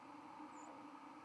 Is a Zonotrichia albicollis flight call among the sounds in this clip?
yes